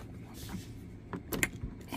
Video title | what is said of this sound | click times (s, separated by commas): Tesla speaker activation | push it until it clicks | 1.4 s